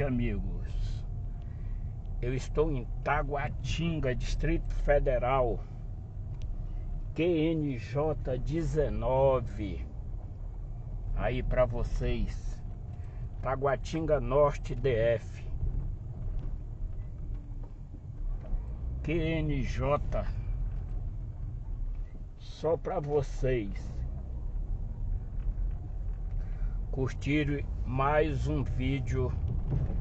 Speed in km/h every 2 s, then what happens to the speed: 14, 13, 15, 11, 15, 16, 14, 12, 7, 12, 5, 7, 8, 14, 17.
0-13 steady at about 14. 13-21 slows to 5. 21-30 speeds up to 17.